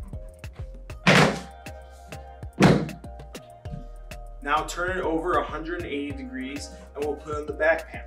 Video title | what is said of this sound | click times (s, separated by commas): How to Assemble a Trash Hideaway® Refuse Container | push down until you hear that click again | 1.1 s